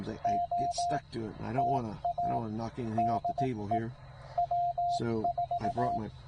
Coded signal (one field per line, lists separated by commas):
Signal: Morse code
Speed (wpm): 18 wpm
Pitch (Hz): 700 Hz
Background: speech, radio noise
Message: OTA DE W4